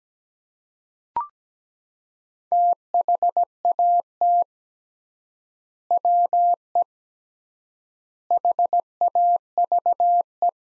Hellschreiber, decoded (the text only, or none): none